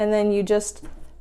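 A mop handle is being handled at the spray mop body, about to lock into place, while someone talks. Faint handling noise trails off after the speech, and nothing has seated or clicked yet.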